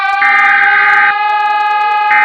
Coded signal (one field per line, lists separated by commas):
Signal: Emergency Alert System (SAME) tones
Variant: header bursts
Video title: us brazil eas mock